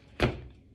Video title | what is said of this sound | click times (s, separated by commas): Madeleines Tupperware 😍 | Vous avez entendu le petit clic? | 0.2 s